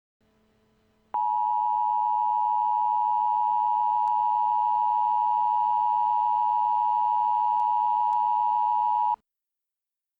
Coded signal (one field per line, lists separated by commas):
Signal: Emergency Alert System (SAME) tones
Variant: 853 and 960 Hz attention tone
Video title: Flash Flood Warning EAS: Big Sur, CA